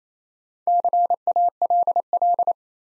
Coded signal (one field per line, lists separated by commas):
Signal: Morse code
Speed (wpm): 28 wpm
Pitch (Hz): 700 Hz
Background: none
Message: CALL